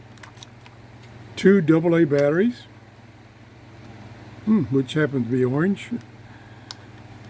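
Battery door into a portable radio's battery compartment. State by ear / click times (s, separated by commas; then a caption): seated / 6.7 s. The plastic battery compartment cover is refitted onto the battery compartment of an XHDATA D-220 portable radio, which holds two orange AA batteries. Someone talks over a low steady hum with a few faint ticks near the start, then a single sharp snap at 6.7 s marks the cover seating in place.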